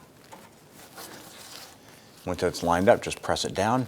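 A plastic wiring connector is lined up with the A/C pressure switch on an A/C condenser for a 2004-2008 Acura TL, before being pressed down. Faint handling rustles are heard, then someone talks from about 2.3 s. Nothing has seated or clicked yet.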